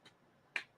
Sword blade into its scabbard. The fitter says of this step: locks into place